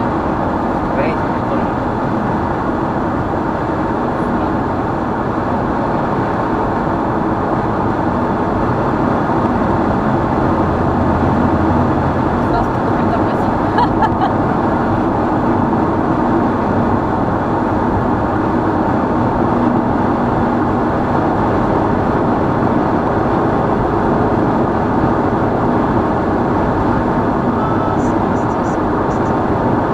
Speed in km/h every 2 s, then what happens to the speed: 96, 95, 97, 102, 103, 104, 104, 104, 105, 106, 108, 109, 109, 109, 109.
0-30 speeds up to 109.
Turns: none.